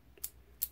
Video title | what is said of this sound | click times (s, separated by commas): 1941 PHILCO 41-285 CONSOLE Part 5 of 9 Station Pre-Set Controls | how it comes up, and then it locks this one here locked in the small slot. | 0.2 s, 0.6 s